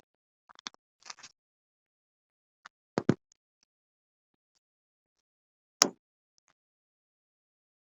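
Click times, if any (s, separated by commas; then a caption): 5.8 s. The type 921 reverse light bulb in its socket, checked and found not burnt out with its filaments intact, is pushed back into the tail light assembly of a 2012–2014 Ford Focus. Light handling ticks come at 0.5 to 1.3 seconds, then sharper knocks at about 2.7, 3.0 and 3.1 seconds. A loud, sharp click at 5.8 seconds marks the socket seating back into place.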